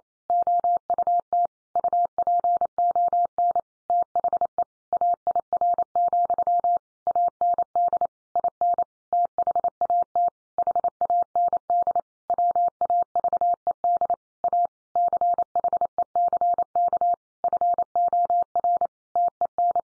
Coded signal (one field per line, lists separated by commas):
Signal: Morse code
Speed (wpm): 28 wpm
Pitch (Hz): 700 Hz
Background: none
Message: OUT UPON THE AIR, AND IN THAT HAND WAVED A CHECK FOR TEN